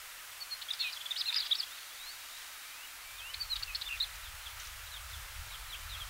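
Black-eared wheatear giving two short bursts of scratchy, high twittering notes a few seconds apart, over steady background hiss.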